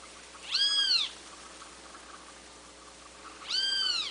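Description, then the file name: Great kiskadee: two separate harsh, arched calls about three seconds apart over a steady background hiss and hum. "BEM TE VI"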